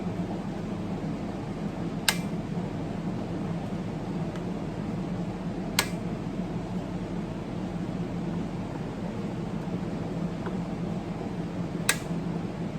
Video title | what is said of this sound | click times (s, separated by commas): Leveling a scope - my method | you'll hear the click. | 2.1 s, 5.8 s, 11.9 s